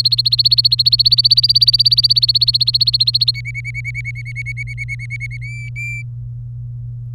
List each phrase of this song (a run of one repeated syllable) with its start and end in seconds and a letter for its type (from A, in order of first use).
0.00-3.31 A, 3.34-5.37 B, 5.42-6.02 C